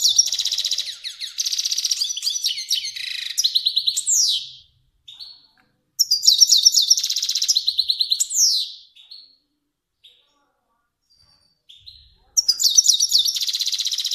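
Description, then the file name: Finch song in bursts of fast, high buzzy trills and sweeping down-slurred notes, pausing briefly between phrases. Kermani finch. "sound finch kermani long"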